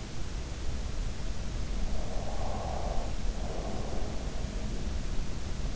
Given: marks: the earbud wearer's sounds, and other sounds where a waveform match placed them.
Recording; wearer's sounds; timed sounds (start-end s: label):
sounds in sleep by an in-ear microphone; breath
1.89-4.86 s: breath